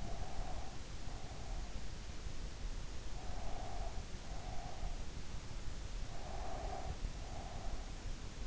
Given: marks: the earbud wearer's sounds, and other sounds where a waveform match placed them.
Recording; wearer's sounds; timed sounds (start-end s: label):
sounds in sleep by an in-ear microphone; breath
0.00-1.45 s: breath
3.17-5.01 s: breath
6.12-7.84 s: breath